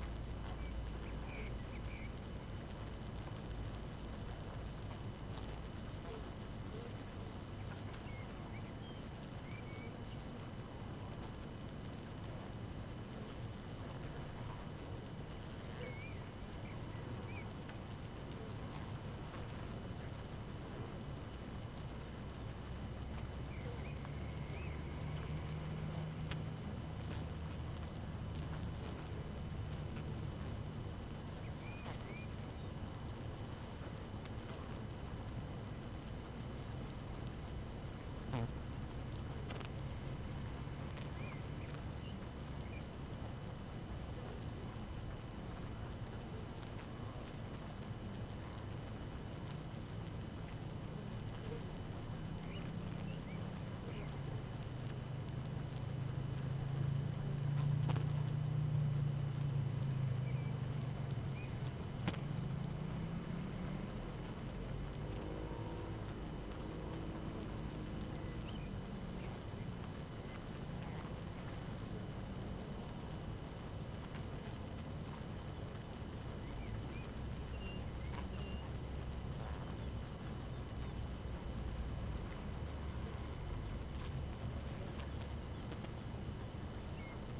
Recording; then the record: honeybee colony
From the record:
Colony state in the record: active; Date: 12 June 2018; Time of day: 5:21